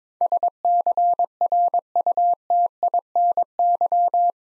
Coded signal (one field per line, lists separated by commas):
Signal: Morse code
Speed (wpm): 22 wpm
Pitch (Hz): 700 Hz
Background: none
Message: SCRUTINY